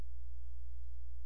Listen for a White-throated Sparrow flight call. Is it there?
no